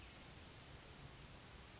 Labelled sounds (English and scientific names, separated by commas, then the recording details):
Western Flycatcher (Empidonax difficilis)
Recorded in Sonoma County, California